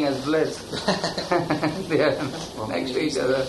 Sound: laughter

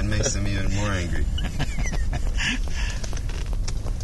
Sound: laughs

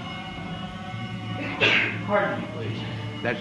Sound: sneezes

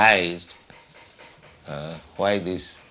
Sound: hammering sound

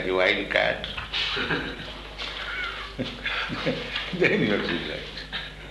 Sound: all laugh

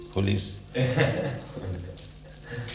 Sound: laughter

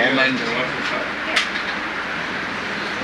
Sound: reporter and cameraman taking in background

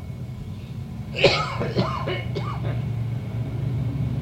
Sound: coughs

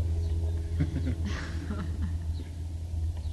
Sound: laughter

